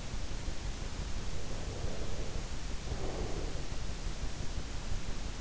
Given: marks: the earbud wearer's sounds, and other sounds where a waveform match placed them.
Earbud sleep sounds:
sounds in sleep by an in-ear microphone; breath
1.06-3.89 s: breath

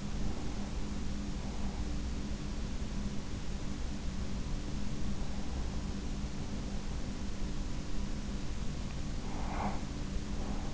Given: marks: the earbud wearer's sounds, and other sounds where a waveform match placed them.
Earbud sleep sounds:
sounds in sleep by an in-ear microphone; breath
0.00-2.23 s: breath
8.57-10.74 s: breath

